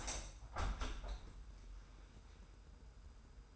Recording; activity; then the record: daily activity, microphone in the room; open window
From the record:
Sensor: 2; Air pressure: 990.2 hPa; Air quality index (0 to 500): 194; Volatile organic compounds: 1000 ppm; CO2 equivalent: 6196 ppm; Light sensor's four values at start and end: 24/56/23/23 and 24/56/23/23